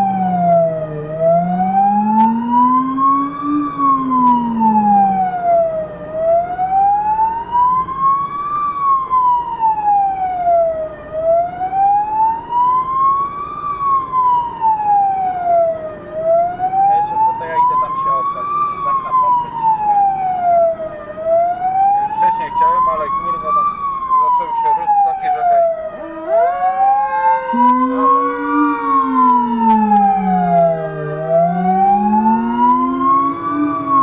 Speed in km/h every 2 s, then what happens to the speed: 39, 40, 42, 43, 42, 45, 48, 50, 52, 52, 47, 38, 34, 26, 22, 21, 24.
0-18 speeds up to 52. 18-28 slows to 22. 28-34 steady at about 22.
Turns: none.